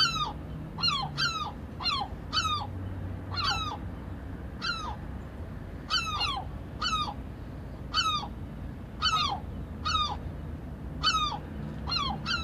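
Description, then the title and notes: European herring gull calling repeatedly, falling yelps at irregular intervals over low background noise. "Viikon luontoääni: Harmaalokki. Pertti Koskimies"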